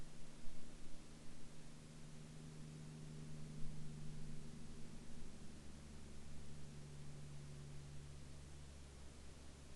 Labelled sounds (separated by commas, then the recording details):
aircraft
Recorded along the Dempster Highway, Canada, on 25 September 2020 at 10:43
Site 15